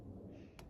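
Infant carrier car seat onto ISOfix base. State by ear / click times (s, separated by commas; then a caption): seated / 0.6 s. An Avionaut Pixel Pro 2.0 C plastic infant carrier car seat is slid back onto the pins of an IQ 2.0 C ISOfix base, and its front is pushed down until the metal claw locks onto the base bar. Over a steady low rumble, a single short, sharp click sounds at 0.6 s. The seat is locked in place, and the base indicator turns from a red X to a green tick.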